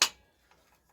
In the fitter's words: I really like that. And it's so easy. I said just it locks into place. It's not going anywhere.